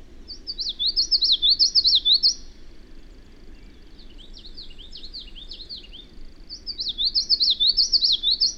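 Bird singing bright, high zigzag trilled phrases, a burst at the start and another near the end, with quieter twittering between.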